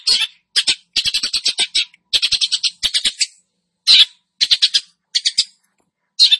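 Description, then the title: Long-tailed shrike song: grating, scratchy chatter in clustered bursts, with short buzzy phrases and gaps between groups. Described as gacor, meaning singing actively. "Cendet Gacor"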